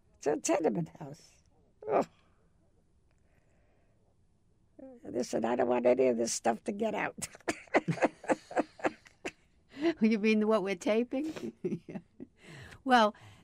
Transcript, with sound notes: It's a tenement house — ooh! Listen, I don't want any of this stuff to get out! [Laughs]
You mean, what we're taping? Well,